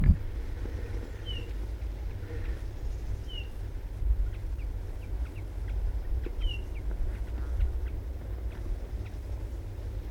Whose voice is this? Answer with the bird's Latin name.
Pyrrhula pyrrhula